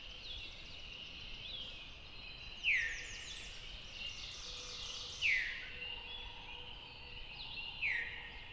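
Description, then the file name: Veery: three descending 'veer' calls spaced two to three seconds apart, with a busy background of trilling and twittering birds. "very veery"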